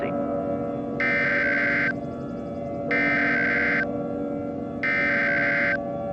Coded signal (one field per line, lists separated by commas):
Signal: Emergency Alert System (SAME) tones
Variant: header bursts